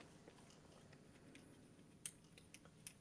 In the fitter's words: slide it in until it clicks, then you're just going to spin the